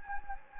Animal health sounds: mosquito wingbeat signal from an infrared sensor; Anopheles gambiae

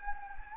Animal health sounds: mosquito wingbeat signal from an infrared sensor; Anopheles gambiae

